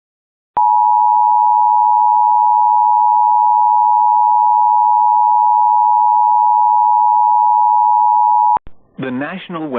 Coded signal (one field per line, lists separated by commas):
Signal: Emergency Alert System (SAME) tones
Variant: 853 and 960 Hz attention tone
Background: speech